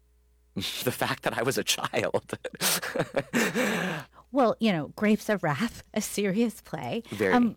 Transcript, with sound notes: the fact that I was a child (laughter).
Well, you know, "Grapes Of Wrath," a serious play.
Very.